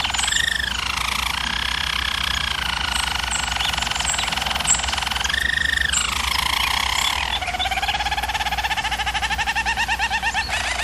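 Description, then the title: German Roller canary song: dense continuous rolling tours, a rising and falling section mid-way, ending with a rapid pulsed low trill. German Roller canary singing, for canary training. "German Roller Canary Singing - Canary Training Vid"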